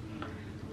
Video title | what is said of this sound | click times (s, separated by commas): 734 - ELLA VA ETRE DEMOISELLE D'HONNEUR [ VLOG ELYROSE ] | je sens que ça s'enclenche pas bien | 0.2 s